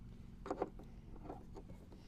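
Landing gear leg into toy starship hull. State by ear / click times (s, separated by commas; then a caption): not seated / none. A plastic landing gear leg is handled against the underside of a Star Wars Haslab Ghost toy starship, with short plastic taps and rattles around 0.5 to 0.6 seconds and a softer knock near 1.3 seconds over a low steady hum. The leg has not seated or clicked into place yet.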